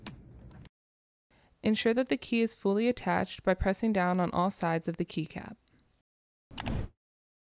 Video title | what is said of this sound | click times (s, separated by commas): How Install/Replace MAG Key 3.0 | and firmly press down on the key you should hear it click in place | 0.1 s